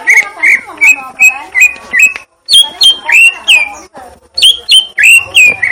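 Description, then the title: Leafbird song with rich, harmonic whistled notes repeated in steady beats, some rising sharply, broken by a couple of short silences. Song of the gledek (thunder) style. "Cucak Ijo Suara Gledek"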